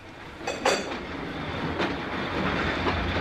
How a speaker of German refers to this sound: Planmäßig muss der Zug jetzt auf den Bahnhof von Carlisle einfahren.